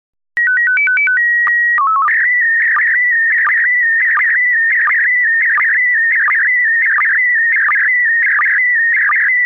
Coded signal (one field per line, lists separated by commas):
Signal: SSTV (slow-scan television)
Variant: PD 90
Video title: Slow Scan Radio, Ep. 11, October 17, 2018